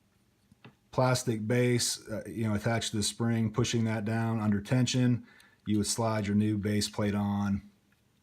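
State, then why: Not seated. Someone talks while a replacement plastic NDZ Performance +2 extended baseplate is handled for sliding onto an M&P Shield 9mm pistol magazine body, with the follower spring held down under tension. Only speech is heard, and nothing has seated or clicked yet.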